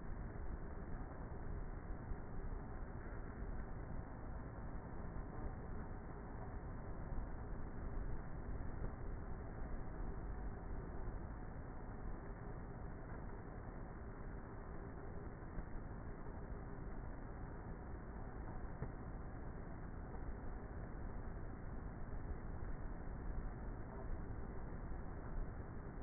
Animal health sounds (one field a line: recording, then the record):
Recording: honeybee colony, microphone inside the hive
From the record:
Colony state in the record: queenless with a low population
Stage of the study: before two queens were removed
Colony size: about 30,000 bees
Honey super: no